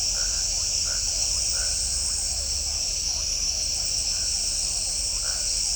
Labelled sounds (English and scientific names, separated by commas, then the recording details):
none
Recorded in shrubland near Pivijay, Magdalena, Colombia, on 5 June 2023 at 23:00
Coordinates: 10.453, -74.365
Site P5-G022